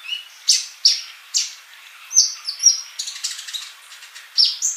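Bird song with bright, high chirps and short whistled slurs, several clear notes following in quick succession.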